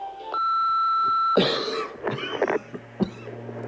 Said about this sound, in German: Also bitte 192 Kilobit, mehrmals husten und zwischendurch tief ein- und ausatmen.